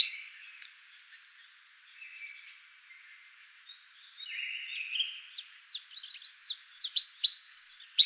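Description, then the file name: Great tit calls: a few soft buzzy notes, then a growing run of rapid sharp high notes that become louder and denser toward the end. "Parus major"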